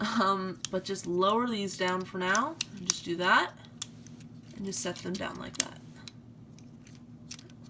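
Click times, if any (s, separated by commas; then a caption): 7.3 s. Someone talks while lowering and setting down the plastic leg sections of a Transformers SIEGE Voyager class Optimus Prime action figure during its transformation. Plastic handling taps and clicks follow. At 7.3 s a plastic leg part snaps and locks into place on the body.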